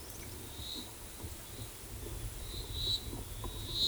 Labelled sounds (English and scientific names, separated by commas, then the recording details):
none
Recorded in forest near Pivijay, Magdalena, Colombia, on 13 April 2023 at 16:30
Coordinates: 10.467, -74.380
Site Z5-G034